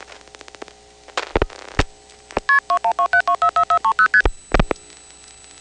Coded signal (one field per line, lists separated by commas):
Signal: multi-frequency trunk signalling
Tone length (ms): 90 ms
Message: KP2127244430ST